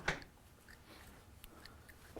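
A rubber guide piece is pushed by hand back into its seat on the stock carrier. A short, soft pop is heard at 0.1 s as it seats, followed by a few faint ticks and low background noise. The guide piece is seated in place.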